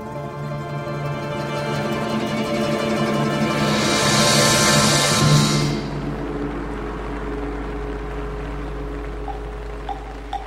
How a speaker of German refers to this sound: Ein Gewitter. Regen.